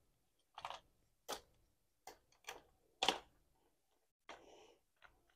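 The rear plastic part of a Fisher-Price Beetle 3-in-1 pet stroller is fitted into its frame mount, with short bursts of plastic handling noise throughout. A single strong, sharp click at 3.0 s marks the part snapping into place and seating, followed by a brief rustle and a final faint tap.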